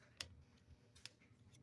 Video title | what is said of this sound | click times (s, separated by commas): ODENWOLF Knife test and review I SHOT THE KNIVES!!!! #1 #odenwolf #knife #review | this is locked it's not going to open on you | 0.2 s